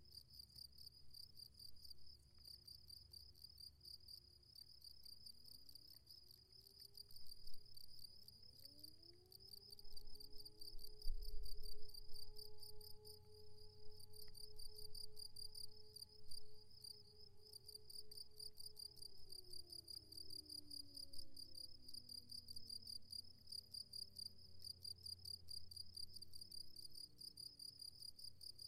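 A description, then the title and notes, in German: Crickets chirp in steady, rapid pulses in a hollow on the Hesselberg while an engine hum swells from about six seconds and fades away. Eine Kuhle im Bergrücken des Hesselbergs.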